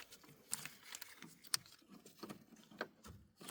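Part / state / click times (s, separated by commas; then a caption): coolant hose tee fitting onto engine coolant line / seated / 1.5 s. A plastic coolant hose tee fitting is pushed onto its mating connection on the coolant line in the cooling system of a Jeep Wrangler 3.6L engine, with soft handling rustles and light taps before and after. A sharp click at 1.5 s marks the tee connector snapping on and seating.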